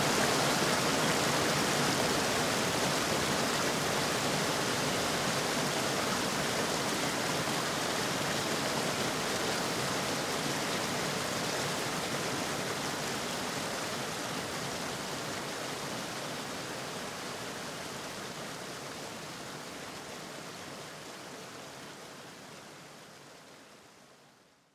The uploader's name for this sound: THE WATERMILL • Water-Powered Noise Blocker